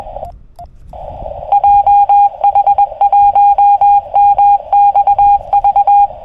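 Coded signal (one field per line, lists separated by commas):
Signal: Morse code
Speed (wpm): 20 wpm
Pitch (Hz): 810 Hz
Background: radio noise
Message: JH1MXV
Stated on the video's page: SOTA summit activation on 40m CW, 5W QRP, FT-818ND, inverted-L long wire antenna, BaMaKeY TP-III key, with deep QSB fading.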